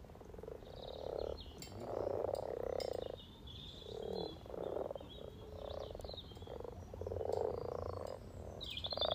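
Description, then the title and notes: Frog chorus of soft purring croaks in pulsing bursts, with birds chirping and singing in the background. Chorus of about 20 frogs in a sunny garden pond, welcoming arriving females come to spawn; Freshfield, Formby, Merseyside, UK; sunny St Patrick's Day lunchtime, 17 March 2023, spring. "Relaxation Frog Chorus Capturing Voices 2023 Spring first lunch outside. Frog chorus captured on 17th March 2023, Freshfield Formby Merseyside, UK Our first lunch outside on sunny St Patrick’s day 17 March 2023"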